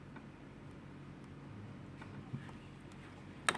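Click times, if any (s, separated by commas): 3.5 s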